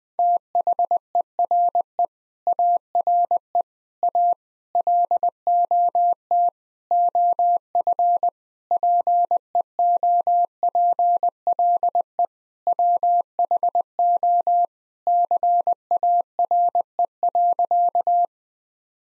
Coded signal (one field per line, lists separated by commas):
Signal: Morse code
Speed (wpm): 20 wpm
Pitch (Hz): 700 Hz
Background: none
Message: THERE ARE A LOT OF PEOPLE WHO CARE.